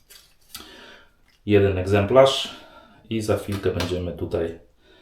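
A metal top cap is handled over the head of a clone Merkur Futur-style adjustable safety razor during assembly, with a faint tap near 0.6 s and a soft knock near 1.3 s. Someone talks through most of the clip. The cap has not seated or clicked into place yet.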